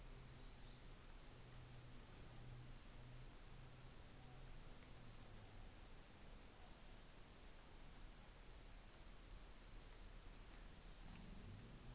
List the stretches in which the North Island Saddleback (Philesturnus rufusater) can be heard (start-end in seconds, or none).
none